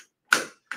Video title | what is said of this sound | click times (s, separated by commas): Chicco OneFit with ClearTex Virtual Demo | I'm going to take these latch mini connectors, and I'm going to just, you hear that click, you just connect those right in to the latch strap right there. | 0.3 s